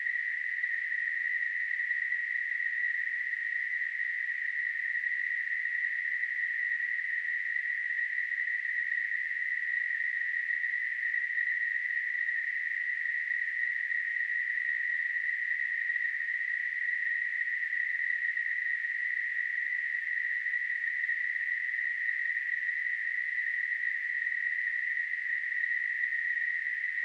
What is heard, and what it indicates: Tinnitus.